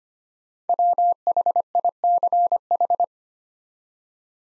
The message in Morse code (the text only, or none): WHICH